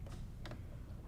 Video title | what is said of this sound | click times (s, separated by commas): Learn How to Make a Quilt - Get Ready - How to Use a Sewing Machine - Fat Quarter Shop | So this one you're gonna snap in this very metal, you want make sure you hear it click. | 0.5 s